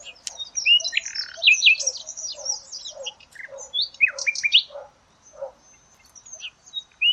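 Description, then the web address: Bird song, a busy, tumbling chatter of squeaky, sliding notes, with lower soft calls mixed in and a short sharp note at the very end. "Deverinetal 2025. Bird Only"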